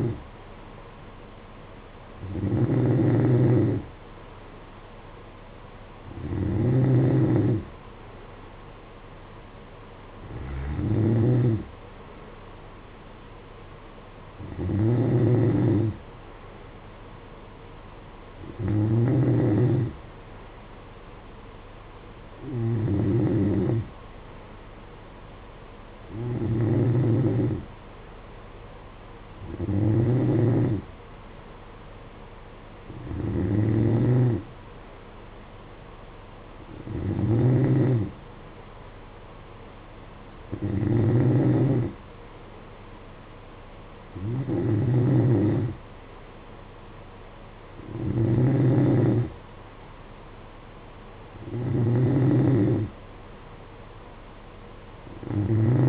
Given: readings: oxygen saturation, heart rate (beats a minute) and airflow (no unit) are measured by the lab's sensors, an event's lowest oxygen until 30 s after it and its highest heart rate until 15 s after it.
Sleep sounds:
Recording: breathing in sleep by a voice recorder at the bedside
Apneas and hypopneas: none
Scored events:
22.00-55.89 s: new sleep stage, N3 (deep sleep)
From the record:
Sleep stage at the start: N2 (light sleep)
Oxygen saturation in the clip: 92 to 93%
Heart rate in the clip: 55 to 61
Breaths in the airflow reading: 14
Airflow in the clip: -10.2 to 7.9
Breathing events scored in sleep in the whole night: 476 in 9.7 hours asleep

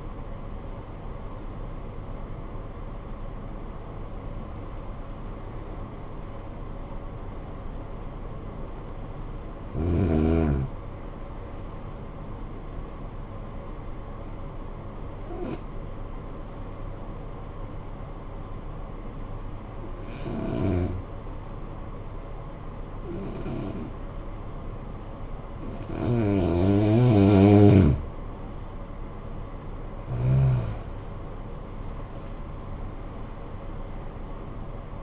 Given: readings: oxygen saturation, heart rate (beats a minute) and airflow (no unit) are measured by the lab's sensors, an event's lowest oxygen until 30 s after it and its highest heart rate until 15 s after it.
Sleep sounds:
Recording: breathing in sleep by a smartphone at the bedside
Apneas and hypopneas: 1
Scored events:
10.00-35.03 s: new sleep stage, N2 (light sleep)
12.00-26.90 s: hypopnea (N2, oxygen 97% highest, then 90% lowest, heart rate 51 at the start, 76 highest)
From the record:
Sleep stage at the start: N1 (lightest sleep)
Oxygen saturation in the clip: 91 to 97%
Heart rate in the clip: 51 to 72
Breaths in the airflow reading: 6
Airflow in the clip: -14.1 to 14.9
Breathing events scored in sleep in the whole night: 445 in 7.6 hours asleep

